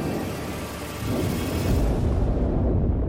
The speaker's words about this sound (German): Kurz darauf hören sie die feindlichen Flieger über ihren Köpfen. Überall krachen und donnern Bomben, die in den umliegenden Häusern einschlagen.